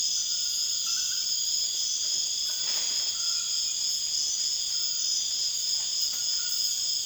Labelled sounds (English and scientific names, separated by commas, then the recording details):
none
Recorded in dense forest near Puerto Asís, Putumayo, Colombia, on 13 March 2025 at 02:00
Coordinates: 0.481, -76.323
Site G088